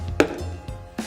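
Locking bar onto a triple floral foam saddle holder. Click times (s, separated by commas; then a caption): 0.2 s. A plastic locking bar is pushed down over a triple floral foam saddle holder. A sharp, loud, short pop at 0.2 s marks the bar locking into place, followed by a softer knock near 1.0 s. The bar is seated.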